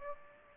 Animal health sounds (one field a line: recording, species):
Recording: mosquito wingbeat signal from an infrared sensor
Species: Aedes aegypti